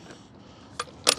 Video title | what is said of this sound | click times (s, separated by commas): AnyHill UM 1 High performance Portable Electric Scooter Review | straight up it locks into place this actually clasped nicely together and | 1.1 s